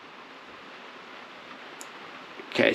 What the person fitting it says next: it's just clicked into place there